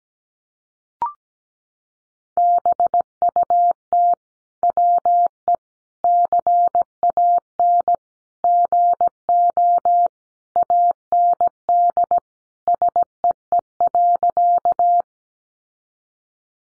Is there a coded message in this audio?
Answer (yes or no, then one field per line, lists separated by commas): yes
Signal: Morse code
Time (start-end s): 2.4-15.0 s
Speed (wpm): 17 wpm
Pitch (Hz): 700 Hz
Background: none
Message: BUT WE CAN GO AND SEE.